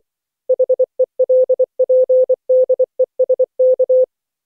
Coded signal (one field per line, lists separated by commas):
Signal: Morse code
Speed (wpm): 24 wpm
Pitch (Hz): 510 Hz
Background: none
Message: HELPDESK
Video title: Daily Minutes, November 20, 2015, without the Contestia.